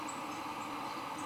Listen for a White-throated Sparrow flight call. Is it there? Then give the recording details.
no. No flight call is heard. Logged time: 10:43 on 23 September 2014